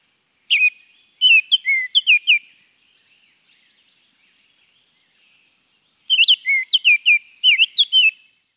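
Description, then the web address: Baltimore oriole singing two short phrases of rich, slurred whistled notes, separated by a pause of about four seconds, in otherwise quiet surroundings. Chicago region. "Birds of the Chicago Region. Baltimore Oriole"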